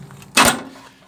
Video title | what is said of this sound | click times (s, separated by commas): 2021 Salem 261BHXL (4293) | going to snap right into the door frame so just like that they're snapped in | 0.4 s